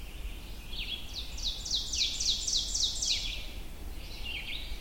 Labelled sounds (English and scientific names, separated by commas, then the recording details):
Ovenbird (Seiurus aurocapilla) song
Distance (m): 25 m
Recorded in boreal forest in Alberta, Canada, on 22 June 2016 at 05:20
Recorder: SongMeter 3, array SBT-6-76
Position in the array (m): 151 m, 103 m
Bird 3